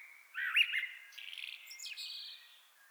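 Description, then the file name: Common blackbird giving a fluty warble that runs into a buzzy, chattering middle section and then thinner high notes that fade. "Turdus merula"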